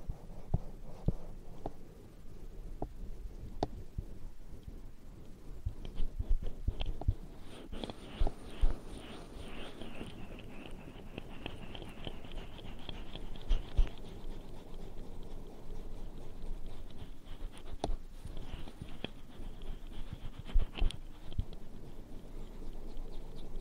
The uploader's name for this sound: ear cleaning, ear massage